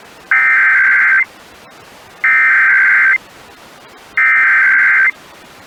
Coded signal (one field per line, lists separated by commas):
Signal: Emergency Alert System (SAME) tones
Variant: header bursts